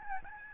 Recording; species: mosquito wingbeat signal from an infrared sensor; Aedes albopictus